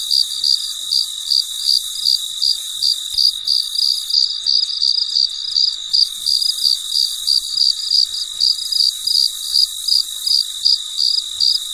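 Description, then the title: Cricket chirping, a steady run of short high pulses repeated about three times a second, with a continuous high whine beneath. Recorded late at night, in very quiet surroundings. "深夜录制蟋蟀昆虫声"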